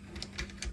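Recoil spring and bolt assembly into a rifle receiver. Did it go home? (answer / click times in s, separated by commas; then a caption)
yes / 0.6 s. During reassembly of a WASR-22 .22 Long Rifle, the springy recoil spring and bolt assembly is pushed forward into the rifle receiver, with a few short metallic taps and clicks along the way. At 0.6 s a sharp metallic click is heard as the assembly locks into position.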